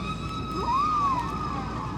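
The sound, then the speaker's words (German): Whale song, the love song of whales meeting in warm coastal waters to mate: a single drawn-out tonal call that swoops upward, then slides gently back down, over a low, steady underwater rumble and faint sustained tones. “Es ist ihr Liebeslied, was wir da hören.”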